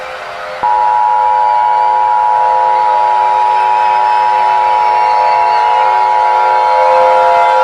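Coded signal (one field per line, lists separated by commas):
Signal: Emergency Alert System (SAME) tones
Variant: 853 and 960 Hz attention tone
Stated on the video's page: Fictional EAS scenario (simulated), part one of a dragon story.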